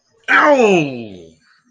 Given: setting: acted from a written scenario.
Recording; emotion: vocal sound without words; pain